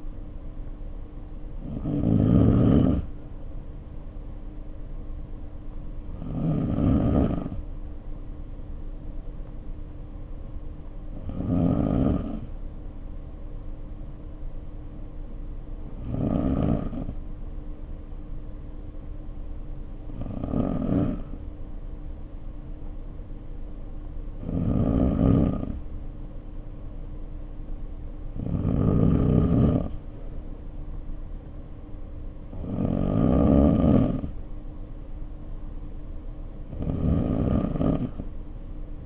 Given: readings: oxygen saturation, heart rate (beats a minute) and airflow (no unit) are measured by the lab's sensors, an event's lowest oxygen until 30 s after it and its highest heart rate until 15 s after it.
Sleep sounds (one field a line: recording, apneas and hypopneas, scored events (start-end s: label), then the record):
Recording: breathing in sleep by a smartphone at the bedside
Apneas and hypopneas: 1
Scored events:
3.00-33.00 s: new sleep stage, N1 (lightest sleep)
13.00-28.40 s: hypopnea (N1, oxygen 95% highest, then 91% lowest, heart rate 50 at the start, 59 highest)
33.00-39.06 s: new sleep stage, N2 (light sleep)
From the record:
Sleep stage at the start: N2 (light sleep)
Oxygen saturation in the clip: 92 to 95%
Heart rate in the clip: 50 to 61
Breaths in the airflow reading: 9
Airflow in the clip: -2.2 to 2.1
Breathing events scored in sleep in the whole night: 520 in 7.2 hours asleep